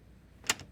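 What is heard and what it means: A storm door is pulled shut, and its latch catches the metal strike plate, which was moved forward, with a sharp click at 0.5 s, followed by a fainter tick at about 0.6 s. The latch is seated, though it may need a little pull to catch.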